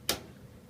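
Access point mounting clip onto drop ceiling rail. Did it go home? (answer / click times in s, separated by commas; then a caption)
yes / 0.1 s. Both sides of the metal mounting clip for a Cisco 3700 Series access point are squeezed with thumb and forefinger onto a drop-ceiling T-rail. A single sharp, bright click sounds at 0.09 s, then only a faint low background remains. The clip is seated and securely mounted on the rail.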